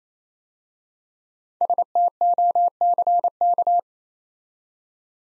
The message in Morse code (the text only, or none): STOCK